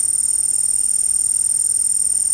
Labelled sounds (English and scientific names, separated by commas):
none